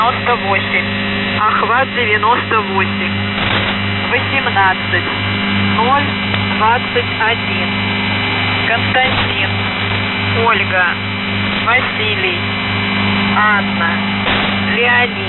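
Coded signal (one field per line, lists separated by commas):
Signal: coded military voice message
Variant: Russian, The Goose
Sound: russian voice reads a callsign, five-digit group and phonetic-alphabet names over humming static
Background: radio static, hum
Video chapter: 02:39 - Воздух Охват-98 18021 КОВАЛЬ 4990 5619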